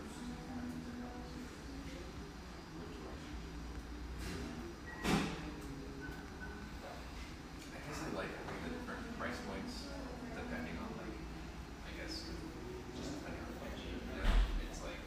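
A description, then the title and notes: A bustling café scene with a steady murmur of voices and low, continuous background rumble throughout. Scattered clinks and small knocks dot the mix, with two sharper bangs standing out, one around five seconds and another near fourteen seconds. Bubbly surf-shack-meets-espresso-bar in one of sunny Marin's best towns.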